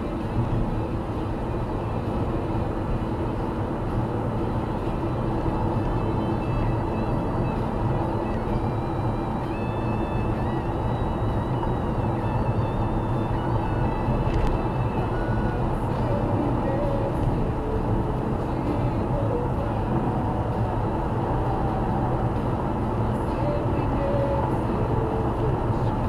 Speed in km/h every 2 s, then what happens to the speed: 87, 92, 94, 95, 97, 99, 100, 98, 98, 100, 101, 102, 103.
0-10 speeds up to 99. 10-26 steady at about 100.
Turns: none.